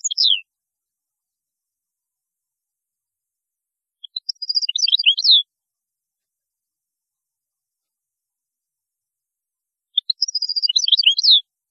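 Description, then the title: European goldfinch singing three brief, rapid twittering phrases of high chirps, separated by several seconds of quiet. "Chant Chardonneret"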